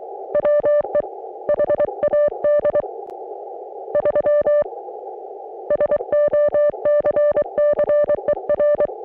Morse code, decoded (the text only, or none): WE HAD 3 SOCCER